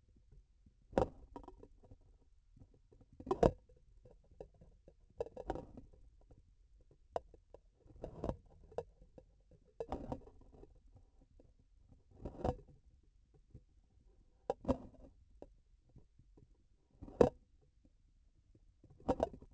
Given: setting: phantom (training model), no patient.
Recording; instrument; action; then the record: laparoscopic instrument, vibration sensor on the handle end; grasping forceps; opening and closing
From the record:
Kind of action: tool actuation without material contact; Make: Olympus